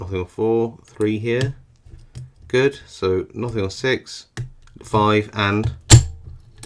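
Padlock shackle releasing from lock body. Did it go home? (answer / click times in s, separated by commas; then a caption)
released / 6.6 s. Someone talks while picking an IFAM ST50 padlock with a tension tool and hook, with faint small clicks in between. After the last pin sets, the shackle springs open with a sharp metallic snap at 6.6 s, and the lock is released.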